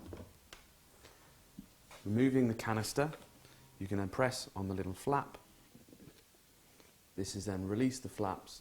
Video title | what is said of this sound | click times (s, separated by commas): Hoover Service Upright Globe Vacuum | release the bin lid until it clicks | 0.5 s